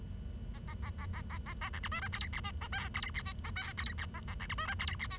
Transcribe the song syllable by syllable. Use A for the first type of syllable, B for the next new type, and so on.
A A A A A A A A B C D E F G H I J F G H I J F G A A B C D E F G H